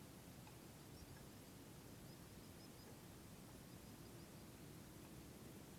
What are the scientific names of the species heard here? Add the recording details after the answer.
Actitis hypoleucos. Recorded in France